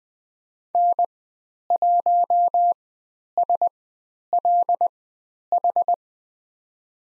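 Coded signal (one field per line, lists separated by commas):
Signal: Morse code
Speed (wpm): 20 wpm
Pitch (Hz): 700 Hz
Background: none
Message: N1SLH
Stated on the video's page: Morse code course lesson on letter C and call signs, Farnsworth speed 20/10 wpm.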